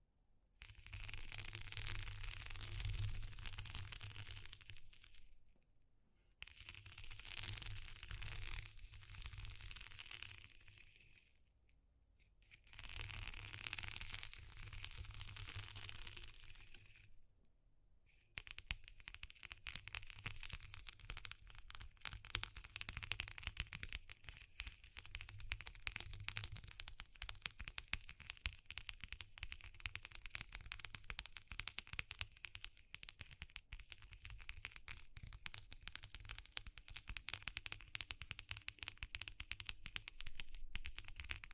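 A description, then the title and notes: Textured crackling and rustling fills the recording. It comes first in three bursts of about five seconds each, split by short silences. From about eighteen seconds it runs on continuously, denser and grainier, with many sharp snaps and clicks over a low rumble. Exploring Textures.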